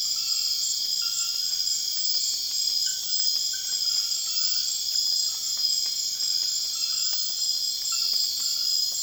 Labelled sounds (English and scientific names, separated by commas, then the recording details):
none
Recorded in secondary vegetation near Puerto Asís, Putumayo, Colombia, on 19 June 2025 at 20:00
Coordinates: 0.485, -76.322
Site GP06